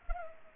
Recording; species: mosquito wingbeat signal from an infrared sensor; Culex pipiens